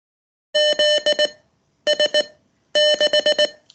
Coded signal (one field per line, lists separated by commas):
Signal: Morse code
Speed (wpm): 19 wpm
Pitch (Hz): 600 Hz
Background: none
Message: ZS6